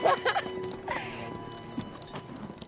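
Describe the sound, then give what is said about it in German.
Horse hooves clip-clop in a few uneven, sharp strikes as riders reach a clearing in a forest and dismount, loudest at the start and fading into a steady low hum with faint sustained tones underneath. “Bei einer Lichtung im Wald stiegen sie ab. Und Rodolphe band die Pferde an.”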